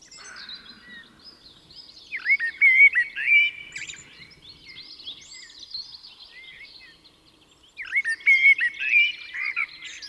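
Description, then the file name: Common blackbird song: two rich, whistled phrases about six seconds apart, each sliding through warbling notes before breaking into squeaky high chatter, with faint birds behind. "Turdus merula"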